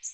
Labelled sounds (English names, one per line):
Yellow Warbler flight call